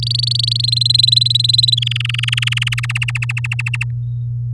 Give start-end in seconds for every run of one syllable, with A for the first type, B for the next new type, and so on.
0.02-0.61 A, 0.63-1.75 B, 1.77-2.80 C, 2.83-3.84 D